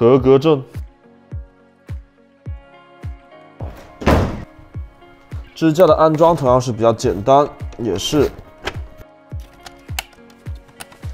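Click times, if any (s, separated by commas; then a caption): 10.0 s. Over background music, someone talks while the stand of a second monitor is pushed onto the mount on the back of the monitor, with a few soft thunks and a louder knock near 4.1 s. The plastic latch snaps home with a sharp click at 10.0 s, followed by a few lighter taps, and the stand is seated.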